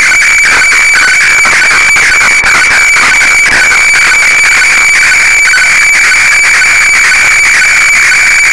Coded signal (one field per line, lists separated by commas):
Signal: weather fax (radiofax)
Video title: IC-PCR1500 KG-FAX Japan Ｗeather FAX 7.7931MHz